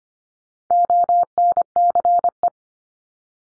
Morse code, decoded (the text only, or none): ONCE